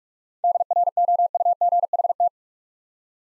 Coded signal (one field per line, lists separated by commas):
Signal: Morse code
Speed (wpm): 44 wpm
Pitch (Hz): 700 Hz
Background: none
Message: DROUGHT